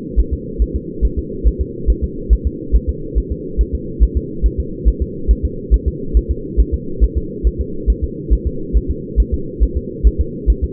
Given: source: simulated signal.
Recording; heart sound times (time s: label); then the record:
fetal heart sounds
0.20 s: S1
0.33 s: S2
0.62 s: S1
0.76 s: S2
1.05 s: S1
1.19 s: S2
1.47 s: S1
1.61 s: S2
1.90 s: S1
2.04 s: S2
2.33 s: S1
2.47 s: S2
2.76 s: S1
2.89 s: S2
3.18 s: S1
3.32 s: S2
3.61 s: S1
3.75 s: S2
4.03 s: S1
4.17 s: S2
4.46 s: S1
4.60 s: S2
4.88 s: S1
5.02 s: S2
5.31 s: S1
5.45 s: S2
5.74 s: S1
5.88 s: S2
6.17 s: S1
6.31 s: S2
6.60 s: S1
6.74 s: S2
7.04 s: S1
7.17 s: S2
7.47 s: S1
7.61 s: S2
7.90 s: S1
8.04 s: S2
8.33 s: S1
8.47 s: S2
8.77 s: S1
8.91 s: S2
9.20 s: S1
9.34 s: S2
9.63 s: S1
9.77 s: S2
10.07 s: S1
10.21 s: S2
10.50 s: S1
10.64 s: S2
From the record:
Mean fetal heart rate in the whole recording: 140 bpm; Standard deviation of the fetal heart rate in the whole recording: 2 bpm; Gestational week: 34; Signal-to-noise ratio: -4.3 dB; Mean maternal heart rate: 72 bpm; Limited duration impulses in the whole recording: absent